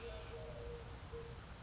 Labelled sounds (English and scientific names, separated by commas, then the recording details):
Eurasian Collared Dove (Streptopelia decaocto)
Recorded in Sonoma County, California